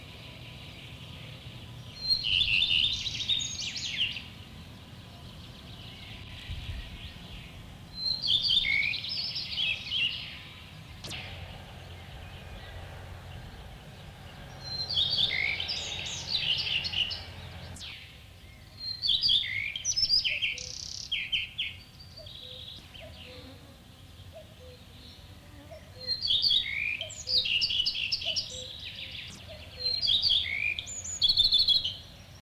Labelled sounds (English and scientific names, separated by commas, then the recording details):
Common Redstart (Phoenicurus phoenicurus) song, Common Cuckoo (Cuculus canorus)
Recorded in the wild
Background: Cuculus canorus
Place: Schloß Holte-Stukenbrock, Senne, Nordrhein-Westfalen, DE
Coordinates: 51.8681, 8.67111
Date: 1964
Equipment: Uher 4000 Report-S, Bändchenmikro Beyer M 260, Parabolspiegel Polyester (470 mm)
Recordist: Conrads, Klaus
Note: Nähe Campingplatz Auster (Furlbach-Gebiet). Band 2A: Männchen: imitiert Ortolan-Endton: Keine genaue Datumsangabe: Mai/Juni 1964